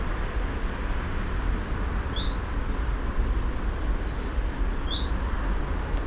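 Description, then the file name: Common chaffinch calls: two short rising notes about three seconds apart against a steady low-pitched hum of noise. "Fringilla coelebs"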